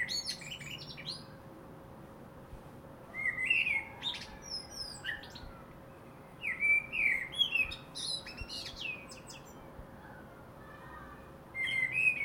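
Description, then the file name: Common blackbird repeating several warbled song phrases, each mellow at first, then breaking into high twittering. "Turdus merula"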